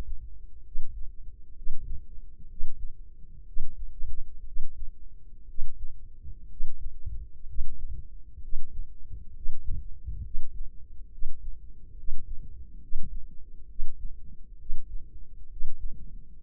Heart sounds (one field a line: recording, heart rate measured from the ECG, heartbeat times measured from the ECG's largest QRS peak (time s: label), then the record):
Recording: heart sounds by microphone in the left ear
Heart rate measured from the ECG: 65 bpm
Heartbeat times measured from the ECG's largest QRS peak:
0.61 s: heartbeat
1.52 s: heartbeat
2.45 s: heartbeat
3.43 s: heartbeat
4.42 s: heartbeat
5.44 s: heartbeat
6.46 s: heartbeat
7.44 s: heartbeat
8.38 s: heartbeat
9.31 s: heartbeat
10.20 s: heartbeat
11.08 s: heartbeat
11.93 s: heartbeat
12.77 s: heartbeat
13.65 s: heartbeat
14.55 s: heartbeat
15.46 s: heartbeat
16.35 s: heartbeat
From the record:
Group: healthy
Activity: rest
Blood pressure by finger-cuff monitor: 99/68 mmHg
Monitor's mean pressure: 76 mmHg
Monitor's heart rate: 65 bpm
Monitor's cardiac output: 4.7 L/min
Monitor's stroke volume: 73 mL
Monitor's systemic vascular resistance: 1140 dyn s/cm5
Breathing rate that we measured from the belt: 18 breaths a minute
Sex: female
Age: 23 years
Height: 160 cm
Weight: 50.4 kg